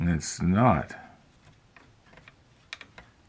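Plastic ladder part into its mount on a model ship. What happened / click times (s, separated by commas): The small plastic part half seated / 2.7 s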